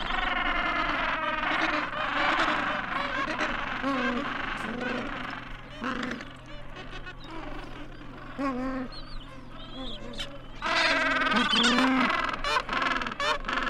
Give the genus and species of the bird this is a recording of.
Pygoscelis papua